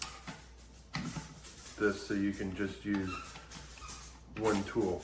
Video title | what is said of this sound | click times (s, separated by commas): Review BOSCH PR20EVS Colt 1.0 HP Variable-Speed Palm Router - 5.6 Amp Motor, Soft Start, Constant Re | What I found though is that it kind of clicked. | 0.0 s, 0.9 s